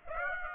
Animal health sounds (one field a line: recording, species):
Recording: mosquito wingbeat signal from an infrared sensor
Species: Aedes aegypti